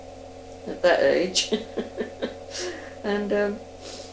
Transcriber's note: laughs